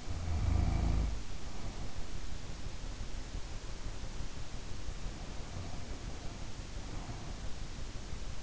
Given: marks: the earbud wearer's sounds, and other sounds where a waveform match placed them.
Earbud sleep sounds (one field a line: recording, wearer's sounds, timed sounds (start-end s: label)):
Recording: sounds in sleep by an in-ear microphone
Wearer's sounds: snoring breath, breath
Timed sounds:
0.00-1.98 s: snoring breath
5.04-7.59 s: breath